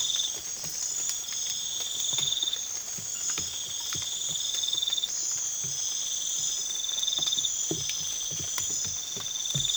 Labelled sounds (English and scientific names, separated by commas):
none